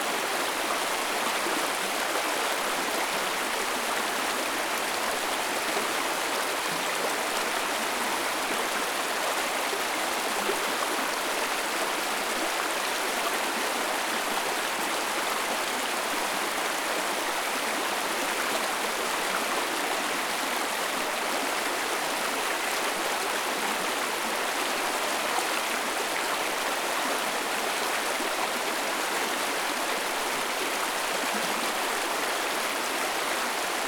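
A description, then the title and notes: A small river flows steadily through a clearing, its rushing water a constant, dense hiss with plenty of bright splashing detail. The sound stays even from start to finish, with almost no low rumble and no other sounds standing out. Small Flowing River in the Clearing.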